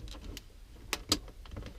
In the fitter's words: voilà là on l'a bien entendu faire clips voilà là on est bon